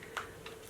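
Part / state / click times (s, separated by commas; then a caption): cap onto sunscreen stick tube / not seated / none. A plastic cap is pushed onto a Bloomeffects Tulip Dew Shield & Glow Stick SPF 50 sunscreen stick, making soft contact taps at about 0.2 s and 0.5 s over a low background hum. The cap closes without any latching click, so nothing has clicked.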